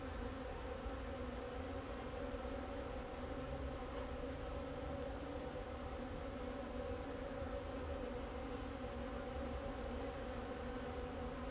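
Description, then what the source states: Bees give a constant droning buzz, several overlapping hums holding steady throughout, with faint low background rumble. Bees flying around the recordist in Jacques Brelpark, Kersbeeklaan, Vorst, Belgium; train in the background; recorded binaurally with a Sennheiser Ambeo binaural headset.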